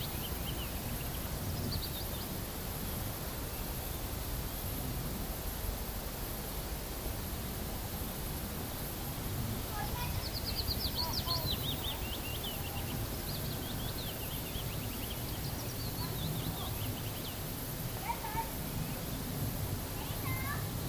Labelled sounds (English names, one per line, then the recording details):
Willow Warbler
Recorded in the wild
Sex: male
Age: adult
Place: Brackenheim, OT Stockheim, Baden-Württemberg, DE
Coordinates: 49.0883, 9.00917
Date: 1969-06-23 14:30
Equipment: Nagra III PH, MD 211, PES 26
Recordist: Jeserich, E. and Schneider, H.-J